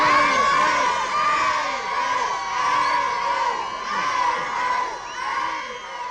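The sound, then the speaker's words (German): A large crowd of young fans screams and cheers continuously, high shrill voices overlapping in a dense, loud wall of sound that swells and dips in waves, as admirers see off a singer at a train departing toward Friedberg in Hesse. “Zurück blieben seine Verehrer, die ihn zünftig verabschiedeten.”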